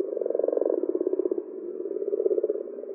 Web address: Common or Grass Frog